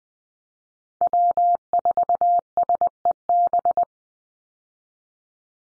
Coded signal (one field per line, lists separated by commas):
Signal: Morse code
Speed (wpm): 20 wpm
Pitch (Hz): 700 Hz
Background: none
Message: W4SEB